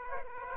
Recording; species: mosquito wingbeat signal from an infrared sensor; Aedes aegypti